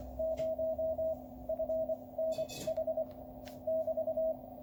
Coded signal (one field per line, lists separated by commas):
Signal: Morse code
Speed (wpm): 24 wpm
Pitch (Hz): 640 Hz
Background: radio noise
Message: 0FNH <BT>